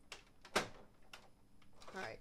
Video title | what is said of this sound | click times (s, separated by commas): How To Sublimate A Coffee Mug | and then i will press here into the printer until i hear it click | 0.6 s